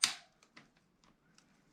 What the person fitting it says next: that was a little stubborn you heard it pop a little bit